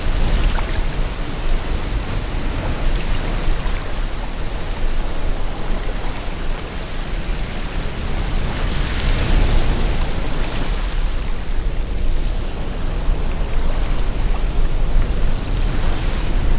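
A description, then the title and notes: Steady, dense rushing from the Irish coast, like surf and wind blending into one unbroken wash. The roar stays full from low rumble to bright hiss, swelling slightly around the middle before settling back. No distinct waves or other sounds stand out. IRISH COAST • Blocks Noise & Talking in a Noisy Environment.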